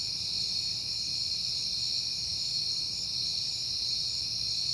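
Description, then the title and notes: Continuous high-pitched cricket trilling, level and unchanging, with a gentle low background hum. Crickets recorded on a peaceful night in September. "Night Time: Crickets and Passing Cars. It is September and I have been hearing the crickets a lot, but finally had a peaceful night to make the recording"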